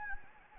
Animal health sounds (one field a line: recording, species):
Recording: mosquito wingbeat signal from an infrared sensor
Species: Anopheles gambiae